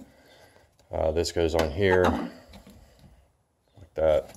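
Someone talks while handling the plastic cover of the roof satellite radio antenna on a 2012 Altima, bringing it toward the antenna base it presses onto. Faint handling ticks are heard around 0.8, 2.5, 2.7 and 3.0 seconds. Nothing has seated or clicked yet.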